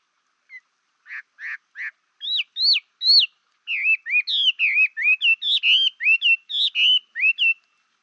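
Chinese hwamei song: begins with a few short, softer notes, then builds into a fast series of loud, rich whistles with swooping slurs.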